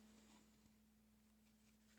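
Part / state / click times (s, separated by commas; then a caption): plastic safety nose washer onto its post through a crocheted amigurumi head / not seated / none. A plastic safety nose washer is handled onto its post through a crocheted amigurumi head, the same way safety eyes are fitted. Only faint handling rustle over a steady low hum is heard. Nothing has seated or clicked yet.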